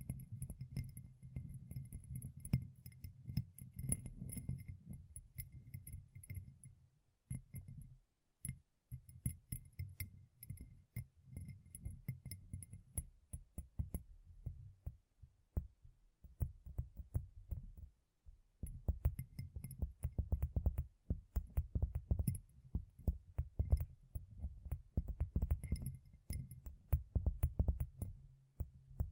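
Gem-covered fingertips tap and scratch in quick, dense bursts, making low knocking thuds beneath bright little clicks and ticks. The activity runs in stretches with brief pauses near 7–8 and 15–18 seconds, then grows busier and louder toward the end.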